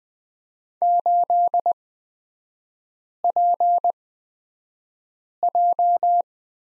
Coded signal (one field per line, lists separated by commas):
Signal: Morse code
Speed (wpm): 20 wpm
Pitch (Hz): 700 Hz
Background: none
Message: 8PJ